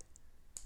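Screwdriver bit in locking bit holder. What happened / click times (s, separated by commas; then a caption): The bit holder latch released with a click / 0.6 s. A Dewalt MAX FIT locking bit adapter, a metal bit holder, releases a screwdriver bit as its sleeve is pulled down, ejecting the bit with a sharp click at 0.6 s after two faint ticks near the start. The bit is released, but it is still hard to remove from the holder afterwards.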